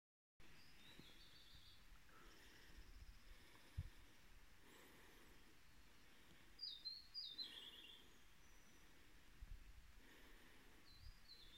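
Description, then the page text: White-spectacled warbler song: a few brief, high, twittering phrases over steady low background noise. Recorded 3 April 2019. "Phylloscopus-intermediusv-2019-04-03. 白眶鹟莺"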